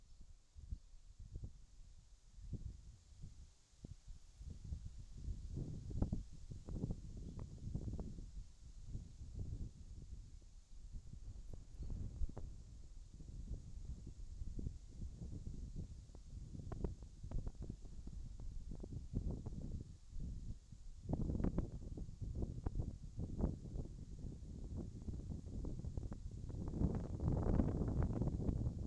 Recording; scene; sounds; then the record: everyday scene through a hearing-aid microphone; wind on the microphone; wind, birds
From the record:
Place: in front of a rural house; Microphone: in the ear canal, left